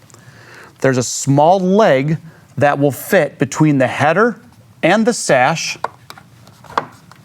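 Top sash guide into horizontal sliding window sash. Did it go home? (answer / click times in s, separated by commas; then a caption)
yes / 6.8 s. Someone talks while a top sash guide on a PGT Sparta 4110A horizontal roller window is fitted, with a stiff putty knife used to open a little separation between the head of the frame and the top of the sash. The guide's small leg is slid between the frame header and the sash, and the guide is pressed into the sash, followed by a few light taps. It snaps into place with a sharp click at 6.8 seconds, seating the guide in the sash.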